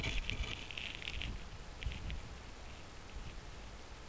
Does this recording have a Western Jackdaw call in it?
no